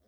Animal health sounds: pig call; piglet (1 to 25 days)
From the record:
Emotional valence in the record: positive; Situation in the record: reunion after long isolation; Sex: male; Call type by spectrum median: low-frequency call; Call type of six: low-frequency stable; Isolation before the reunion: 8 minutes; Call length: 0.08 s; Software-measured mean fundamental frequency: 63 Hz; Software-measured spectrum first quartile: 312 Hz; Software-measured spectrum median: 902 Hz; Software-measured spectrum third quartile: 9833 Hz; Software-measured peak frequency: 66 Hz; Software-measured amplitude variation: 37 dB a second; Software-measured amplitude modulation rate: 6.0 a second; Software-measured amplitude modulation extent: 6.2 dB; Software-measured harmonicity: 8.9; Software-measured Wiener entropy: -3.60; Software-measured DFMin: 783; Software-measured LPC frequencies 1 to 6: 515, 1791, 3390, 5284, 7726, 8249 Hz

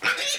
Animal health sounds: pig call; piglet (1 to 25 days)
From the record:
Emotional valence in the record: negative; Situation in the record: missed nursing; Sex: male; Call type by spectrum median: high-frequency call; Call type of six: high-frequency stable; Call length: 0.39 s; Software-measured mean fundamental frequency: 194 Hz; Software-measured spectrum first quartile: 1672 Hz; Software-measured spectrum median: 2666 Hz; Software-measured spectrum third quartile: 4347 Hz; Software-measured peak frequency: 1441 Hz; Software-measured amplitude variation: 127 dB a second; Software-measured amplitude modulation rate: 11.7 a second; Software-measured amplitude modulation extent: 10.9 dB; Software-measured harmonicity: 1.8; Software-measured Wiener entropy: -1.48

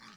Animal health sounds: pig call; piglet (1 to 25 days)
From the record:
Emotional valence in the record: positive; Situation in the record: reunion after long isolation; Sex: female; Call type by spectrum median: low-frequency call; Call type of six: low-frequency tonal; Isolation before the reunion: 8 minutes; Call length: 0.17 s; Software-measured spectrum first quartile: 977 Hz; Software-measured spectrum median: 1948 Hz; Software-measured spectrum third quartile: 3952 Hz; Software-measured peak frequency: 210 Hz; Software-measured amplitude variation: 54 dB a second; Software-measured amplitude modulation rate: 26.8 a second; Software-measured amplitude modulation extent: 2.0 dB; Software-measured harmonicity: -0.1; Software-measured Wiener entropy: -1.29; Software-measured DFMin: 675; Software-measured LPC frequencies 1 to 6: 1186, 1788, 2281, 3414, 4228, 4841 Hz

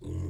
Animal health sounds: pig call; weaner (32 to 43 days)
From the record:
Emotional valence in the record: negative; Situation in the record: negative conditioning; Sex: female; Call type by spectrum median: low-frequency call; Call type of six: low-frequency stable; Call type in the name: low-frequency stable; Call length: 0.29 s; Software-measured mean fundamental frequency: 45 Hz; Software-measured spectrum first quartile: 91 Hz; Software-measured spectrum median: 143 Hz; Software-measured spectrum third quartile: 336 Hz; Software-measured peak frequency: 110 Hz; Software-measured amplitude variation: 146 dB a second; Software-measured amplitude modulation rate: 25.5 a second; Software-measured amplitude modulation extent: 5.7 dB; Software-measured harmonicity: 2.5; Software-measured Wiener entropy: -0.02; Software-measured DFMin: 882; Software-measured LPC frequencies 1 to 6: 277, 2037, 2934, 3696, 5210, 6748 Hz

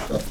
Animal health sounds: pig call; piglet (1 to 25 days)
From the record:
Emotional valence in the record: positive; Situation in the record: reunion after long isolation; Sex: male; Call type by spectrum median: low-frequency call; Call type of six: low-frequency tonal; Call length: 0.30 s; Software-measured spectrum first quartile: 242 Hz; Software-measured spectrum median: 559 Hz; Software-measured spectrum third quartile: 1833 Hz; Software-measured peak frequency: 531 Hz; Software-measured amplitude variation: 173 dB a second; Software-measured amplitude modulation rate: 26.3 a second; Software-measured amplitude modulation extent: 6.5 dB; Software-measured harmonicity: 1.4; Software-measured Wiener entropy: -1.69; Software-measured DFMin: 803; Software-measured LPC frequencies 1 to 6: 525, 1240, 2129, 2942, 3672, 5203 Hz

